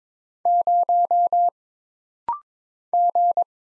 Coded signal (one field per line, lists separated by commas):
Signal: Morse code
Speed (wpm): 22 wpm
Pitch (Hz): 700 Hz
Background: none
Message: 0 G